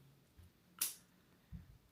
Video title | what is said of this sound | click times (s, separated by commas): Building LEGO without instructions - Tiny car guy is back! | with a little satisfying click | 0.8 s